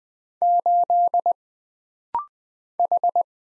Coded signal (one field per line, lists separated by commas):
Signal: Morse code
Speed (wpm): 20 wpm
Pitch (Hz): 700 Hz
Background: none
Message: 8 H